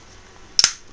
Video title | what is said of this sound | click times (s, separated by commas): Build The Hachette Lancaster Issues 13 To 15 Checking The Parts | That's in. Perfect. So I don't know if you heard the snap. | 0.6 s